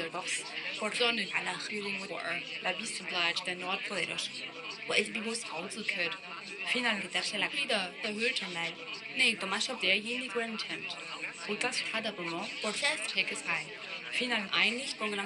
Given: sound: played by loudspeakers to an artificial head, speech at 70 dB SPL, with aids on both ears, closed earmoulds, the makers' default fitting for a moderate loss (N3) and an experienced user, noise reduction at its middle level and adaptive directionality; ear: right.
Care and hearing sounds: speech test signal (ISTS) in cocktail-party noise; +3 dB; in front (0 degrees)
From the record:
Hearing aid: class 2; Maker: I

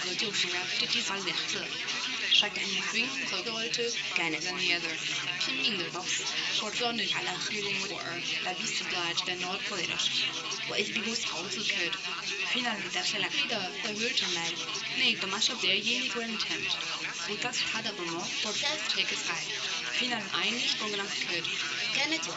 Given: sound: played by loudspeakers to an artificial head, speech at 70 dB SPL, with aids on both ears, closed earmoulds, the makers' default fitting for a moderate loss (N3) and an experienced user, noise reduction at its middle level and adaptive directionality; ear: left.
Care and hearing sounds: speech test signal (ISTS) in cocktail-party noise; +3 dB; in front (0 degrees)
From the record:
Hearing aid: class 1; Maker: A

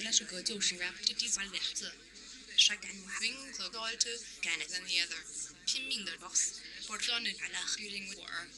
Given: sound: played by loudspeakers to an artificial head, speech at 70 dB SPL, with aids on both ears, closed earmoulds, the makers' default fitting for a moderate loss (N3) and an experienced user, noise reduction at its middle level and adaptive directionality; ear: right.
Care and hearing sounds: speech test signal (ISTS) in cocktail-party noise; +3 dB; on the right (90 degrees)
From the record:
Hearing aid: class 1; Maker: H

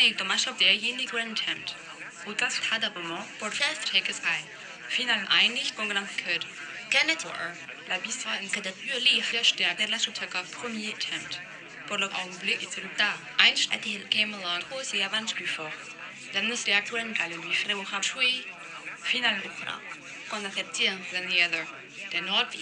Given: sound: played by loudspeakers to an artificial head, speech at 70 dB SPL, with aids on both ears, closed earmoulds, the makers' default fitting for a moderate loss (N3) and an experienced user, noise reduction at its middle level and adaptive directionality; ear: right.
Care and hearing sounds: speech test signal (ISTS) in cocktail-party noise; +9 dB; in front (0 degrees)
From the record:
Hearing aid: class 2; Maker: G

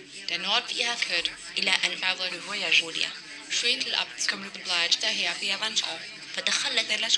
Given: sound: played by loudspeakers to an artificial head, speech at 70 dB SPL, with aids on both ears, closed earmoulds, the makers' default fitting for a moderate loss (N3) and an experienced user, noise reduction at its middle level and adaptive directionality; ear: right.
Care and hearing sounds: speech test signal (ISTS) in cocktail-party noise; +3 dB; in front (0 degrees)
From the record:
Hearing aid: class 1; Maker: B

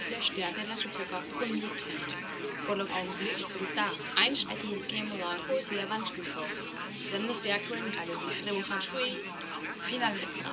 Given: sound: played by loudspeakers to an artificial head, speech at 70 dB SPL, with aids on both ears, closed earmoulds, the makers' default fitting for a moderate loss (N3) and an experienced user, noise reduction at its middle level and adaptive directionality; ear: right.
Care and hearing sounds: speech test signal (ISTS) in cocktail-party noise; -3 dB; on the right (90 degrees)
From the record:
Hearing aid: class 2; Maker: E

